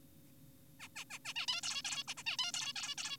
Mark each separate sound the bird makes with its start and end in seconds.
0.80-0.88, 0.96-1.04, 1.10-1.19, 1.25-1.34, 1.36-1.46, 1.48-1.61, 1.63-1.82, 1.85-2.04, 2.08-2.14, 2.17-2.23, 2.26-2.37, 2.39-2.52, 2.54-2.73, 2.76-2.95, 2.98-3.17